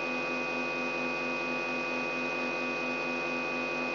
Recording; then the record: brain microelectrode recording played as sound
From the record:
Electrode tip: outside the subthalamic nucleus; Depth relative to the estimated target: 3 mm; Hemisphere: right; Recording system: AlphaMap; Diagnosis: Parkinson's disease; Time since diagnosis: 9 years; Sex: female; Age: 46 years